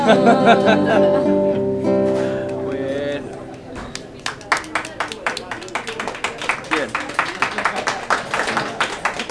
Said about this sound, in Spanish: Gracias por esos aplausos.